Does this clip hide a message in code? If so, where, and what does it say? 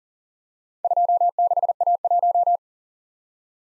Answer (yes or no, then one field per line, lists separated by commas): yes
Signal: Morse code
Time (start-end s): 0.8-2.6 s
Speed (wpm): 43 wpm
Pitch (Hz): 700 Hz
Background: none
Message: 26A1